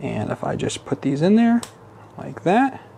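A plastic 2x10 building brick is handled over the studs of a resin 3D-printed train-track riser while someone talks. Nothing has seated or clicked yet.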